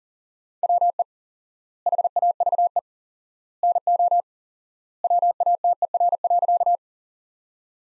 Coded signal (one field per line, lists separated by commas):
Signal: Morse code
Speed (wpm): 40 wpm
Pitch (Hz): 700 Hz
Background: none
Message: WE HAVE NO WATER.